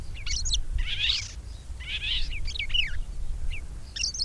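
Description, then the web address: Red-backed shrike song in short bursts: harsh buzzy rasps alternating with quick squeaky, twisting notes, separated by brief gaps, with low background rumble. "agykontroll Madardalok Cd 2. Tövisszúró gébics"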